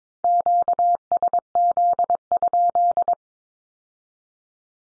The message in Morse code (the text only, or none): QSZ?